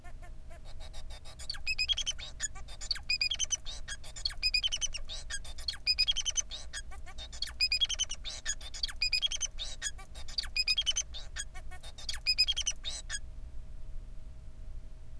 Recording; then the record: song of a male Bengalese finch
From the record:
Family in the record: son of father 4